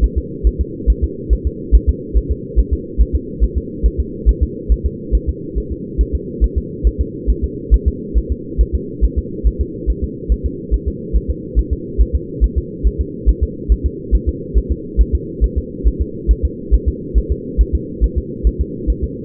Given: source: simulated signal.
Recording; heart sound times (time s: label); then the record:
fetal heart sounds
0.04 s: S1
0.18 s: S2
0.47 s: S1
0.61 s: S2
0.90 s: S1
1.04 s: S2
1.33 s: S1
1.47 s: S2
1.75 s: S1
1.89 s: S2
2.17 s: S1
2.31 s: S2
2.59 s: S1
2.73 s: S2
3.01 s: S1
3.15 s: S2
3.44 s: S1
3.58 s: S2
3.86 s: S1
4.00 s: S2
4.29 s: S1
4.43 s: S2
4.72 s: S1
4.86 s: S2
5.15 s: S1
5.29 s: S2
5.58 s: S1
5.72 s: S2
6.01 s: S1
6.15 s: S2
6.44 s: S1
6.58 s: S2
6.87 s: S1
7.01 s: S2
7.30 s: S1
7.44 s: S2
7.74 s: S1
7.88 s: S2
8.18 s: S1
8.32 s: S2
8.61 s: S1
8.75 s: S2
9.04 s: S1
9.18 s: S2
9.47 s: S1
9.61 s: S2
9.90 s: S1
10.04 s: S2
10.32 s: S1
10.46 s: S2
10.74 s: S1
10.88 s: S2
11.16 s: S1
11.30 s: S2
11.59 s: S1
11.73 s: S2
12.01 s: S1
12.15 s: S2
12.44 s: S1
12.58 s: S2
12.87 s: S1
13.01 s: S2
13.29 s: S1
13.43 s: S2
13.72 s: S1
13.86 s: S2
14.15 s: S1
14.29 s: S2
14.57 s: S1
14.72 s: S2
15.01 s: S1
15.15 s: S2
15.44 s: S1
15.58 s: S2
15.87 s: S1
16.02 s: S2
16.31 s: S1
16.45 s: S2
16.74 s: S1
16.88 s: S2
17.18 s: S1
17.32 s: S2
17.61 s: S1
17.75 s: S2
18.04 s: S1
18.18 s: S2
18.47 s: S1
18.61 s: S2
18.90 s: S1
19.04 s: S2
From the record:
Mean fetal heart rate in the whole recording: 140 bpm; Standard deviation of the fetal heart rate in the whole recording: 2 bpm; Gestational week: 34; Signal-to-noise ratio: -4.1 dB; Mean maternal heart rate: no maternal heart sound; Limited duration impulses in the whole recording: absent